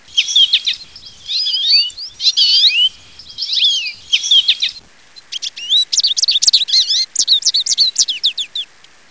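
Bird calls: dense bursts of high twittering, curling chirps for about five seconds, then a quick series of sharp, clipped notes. No other sounds.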